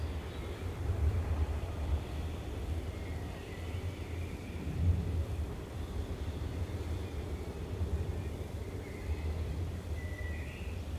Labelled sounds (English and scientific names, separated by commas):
Common Blackbird (Turdus merula) song